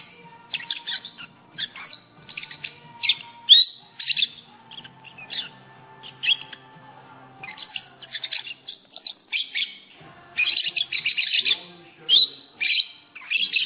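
Lovebird chattering: irregular high squeaks and grating twitters, denser in the last few seconds.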